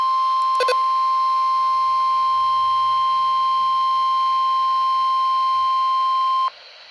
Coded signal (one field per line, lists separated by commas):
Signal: Emergency Alert System (SAME) tones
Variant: 1050 Hz attention tone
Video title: NOAA Weather Radio: Required Weekly Test on WWG21 (EAS #29)